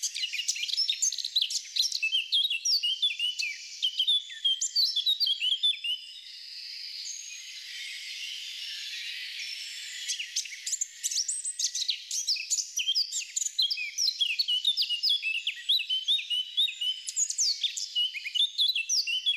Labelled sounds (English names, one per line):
Eurasian Blackcap song